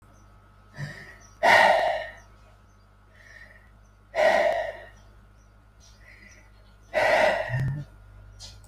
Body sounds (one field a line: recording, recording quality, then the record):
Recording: shallow breathing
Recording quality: excellent, no background noise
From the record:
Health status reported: healthy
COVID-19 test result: not tested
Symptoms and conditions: none ticked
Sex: male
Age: 30 years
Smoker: yes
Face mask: not worn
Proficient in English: yes